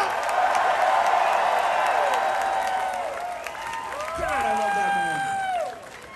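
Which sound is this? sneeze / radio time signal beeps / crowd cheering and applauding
crowd cheering and applauding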